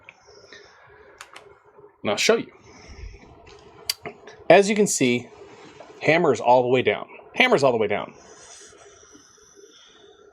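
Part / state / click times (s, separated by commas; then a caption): revolver hammer engaging its first notch in the frame / not seated / none. A Ruger Single Six .22 Mag single-action revolver is handled with its hammer all the way down, to check whether it is safe to carry with full chambers. Someone talks while brief handling clicks and taps are heard. The hammer has not yet been drawn back into its first notch in the frame, so nothing has seated or clicked yet.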